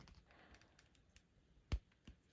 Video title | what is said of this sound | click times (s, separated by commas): Mattel Creations Exclusive Ultimate Edition Cody & Brandi Rhodes 2 Pack Unboxing! | Pops right in like so. | 1.7 s